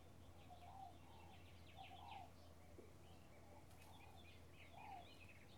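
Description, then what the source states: Birds calling in a mixed chorus, a few soft low cooing phrases beneath high chirps and trills, over a steady low hum. Bird ambience in a field in the early morning with a slight breeze.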